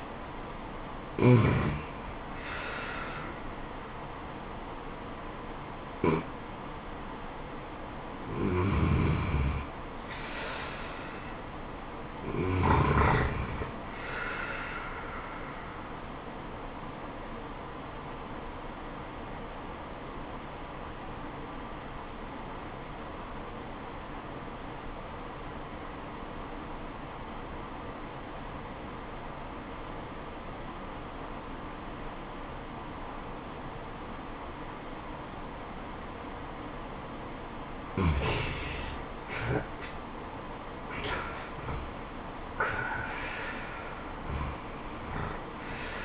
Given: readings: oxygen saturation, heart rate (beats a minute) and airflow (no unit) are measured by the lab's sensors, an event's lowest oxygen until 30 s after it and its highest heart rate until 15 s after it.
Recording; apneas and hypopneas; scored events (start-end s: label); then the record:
breathing in sleep by a voice recorder at the bedside; 1
20.00-40.20 s: obstructive apnea (N2, oxygen 94% highest, then 85% lowest, heart rate 77 at the start, 90 highest)
From the record:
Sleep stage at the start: N2 (light sleep); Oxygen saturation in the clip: 84 to 94%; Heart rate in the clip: 64 to 90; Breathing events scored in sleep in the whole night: 426 in 7.4 hours asleep